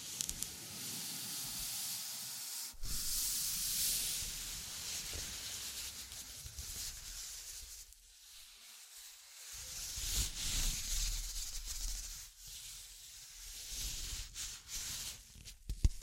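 Tapping and scratching on a surface, with a steady rubbing, sanding texture that drifts in loudness throughout. Sharp taps stand out around 3 seconds and then more often after 10 seconds, with a quieter stretch near 8 to 9 seconds and a final loud tap at the end.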